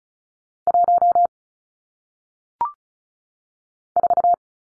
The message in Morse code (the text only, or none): 1 4